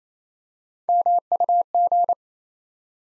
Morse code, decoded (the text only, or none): MUG